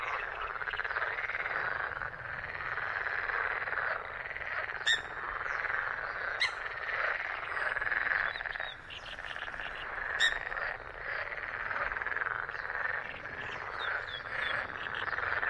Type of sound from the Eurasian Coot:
call